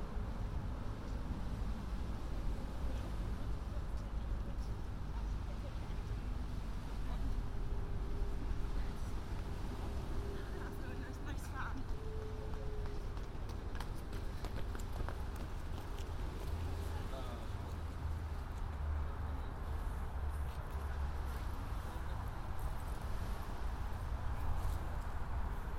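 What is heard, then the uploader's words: Sitting near the Thames River path, a steady low rumble of traffic and city hum fills the scene from start to finish. Voices murmur indistinctly through it, with scattered small clicks and footsteps, and a faint tonal whine passes briefly around the middle. A binaural field recording of sitting near the Thames River path. I was walking from High Holborn to Greenwich and stopped for a rest.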